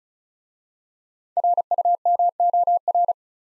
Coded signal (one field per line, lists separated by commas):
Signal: Morse code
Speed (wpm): 36 wpm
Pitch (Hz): 700 Hz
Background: none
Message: RUMOR